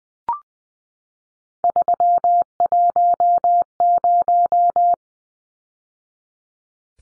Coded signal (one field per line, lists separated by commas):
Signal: Morse code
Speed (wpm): 20 wpm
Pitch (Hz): 700 Hz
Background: none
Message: 310